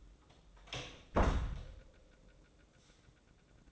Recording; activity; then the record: daily activity, microphone in the room; close door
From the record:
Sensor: 3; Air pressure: 1012.3 hPa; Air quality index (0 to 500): 180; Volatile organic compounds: 3 ppm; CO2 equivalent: 1380 ppm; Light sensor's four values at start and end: 555/1381/571/585 and 557/1384/572/587